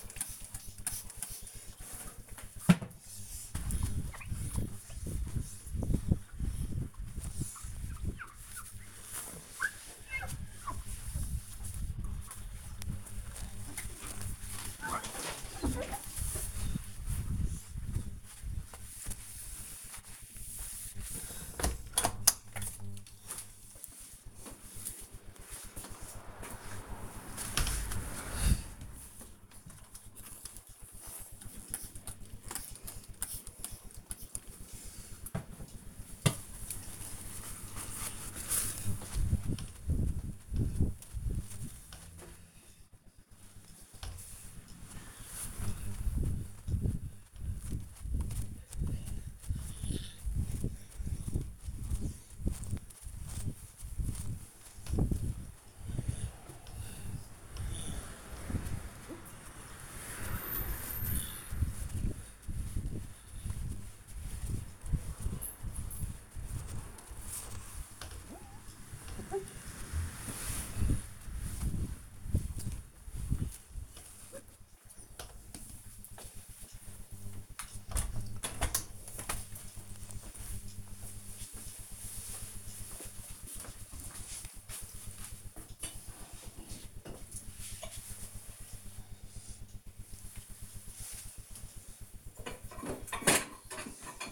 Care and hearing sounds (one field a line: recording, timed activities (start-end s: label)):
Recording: household activities, microphone on the right wrist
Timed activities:
0.00-77.94 s: window cleaning